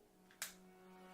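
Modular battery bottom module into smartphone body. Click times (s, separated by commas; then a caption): 0.4 s. The battery-carrying modular bottom part of an LG G5 smartphone is pushed back into the phone body against a steady low humming tone. A faint tick at 0.3 s comes just before a sharp, bright snap at 0.4 s. The module is seated in place.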